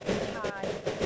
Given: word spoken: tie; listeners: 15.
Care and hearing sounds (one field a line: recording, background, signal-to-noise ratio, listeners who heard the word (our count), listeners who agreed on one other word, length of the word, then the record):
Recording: one English word in noise, from a listening test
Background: noise modulated by three-talker babble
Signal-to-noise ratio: -6.7 dB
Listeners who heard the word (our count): 2 of 15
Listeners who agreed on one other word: 6 of 15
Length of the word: 0.66 s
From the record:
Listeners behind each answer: 6, 3, 2, 1, 1, 1, 1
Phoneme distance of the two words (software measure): 10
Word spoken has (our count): 1 syllable, 2 phonemes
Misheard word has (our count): 1 syllable, 2 phonemes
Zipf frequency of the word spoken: 4.58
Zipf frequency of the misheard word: 5.53